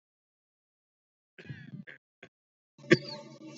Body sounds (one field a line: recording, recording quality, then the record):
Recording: heavy voluntary cough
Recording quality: excellent, no background noise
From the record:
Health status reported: healthy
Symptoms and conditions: none ticked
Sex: male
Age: 35 years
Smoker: not ticked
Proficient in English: yes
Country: India